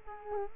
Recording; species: mosquito wingbeat signal from an infrared sensor; Culex quinquefasciatus